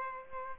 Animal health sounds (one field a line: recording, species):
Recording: mosquito wingbeat signal from an infrared sensor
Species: Aedes aegypti